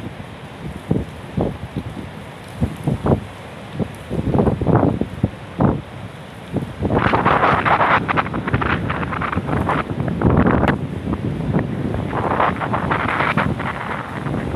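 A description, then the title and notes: A storm at the ocean in Danang, Vietnam, with gusts of wind buffeting the microphone in uneven bursts. In the first half the gusts come separately, about once a second. From around seven seconds they merge into a louder, denser rushing roar that lasts to the end. Storm at Ocean Danang, Vietnam.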